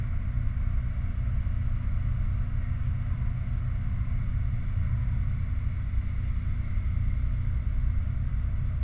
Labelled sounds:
machinery, flare stack
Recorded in the Prudhoe Bay oil fields, Alaska, on 29 July 2019 at 10:54
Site 29

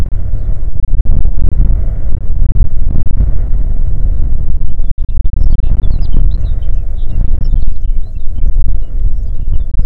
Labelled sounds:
songbird, wind
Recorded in the Prudhoe Bay oil fields, Alaska, on 6 June 2019 at 14:01
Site 16

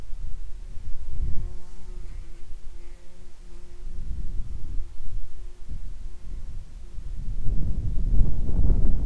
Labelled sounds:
wind, insects
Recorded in the Prudhoe Bay oil fields, Alaska, on 10 July 2019 at 10:19
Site 11

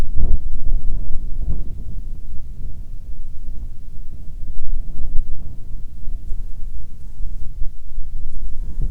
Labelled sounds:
wind, insects
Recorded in the Arctic National Wildlife Refuge, Alaska, on 7 July 2019 at 18:30
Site 41

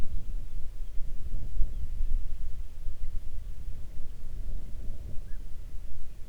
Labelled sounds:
wind
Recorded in the Arctic National Wildlife Refuge, Alaska, on 3 June 2019 at 04:58
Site 37

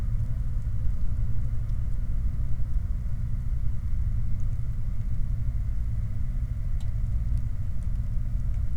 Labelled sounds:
machinery, flare stack, rain
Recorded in the Prudhoe Bay oil fields, Alaska, on 19 July 2019 at 06:24
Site 29

